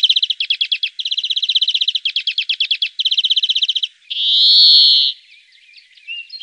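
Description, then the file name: European greenfinch singing: fast rattling trills of ringing notes in several bursts, then a long drawn-out wheezy buzz, followed by softer twittering. "greenfinch omkicau"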